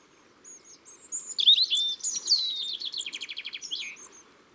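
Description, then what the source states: Long-tailed tit calls: high thin notes and slurred whistles running into a fast, buzzy rattle of repeated notes. Recorded in Ardèche.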